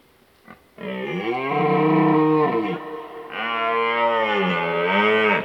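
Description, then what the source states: Red deer roar: two long, deep, harmonic bellows, each about two seconds, the first swelling then dropping, the second steadier before falling away. Rutting roar (Dutch 'burlen').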